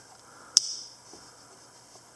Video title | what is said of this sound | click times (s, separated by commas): GEC #13 Congress Whittler - First Look | No half stop, just goes right through, but pops into place. | 0.6 s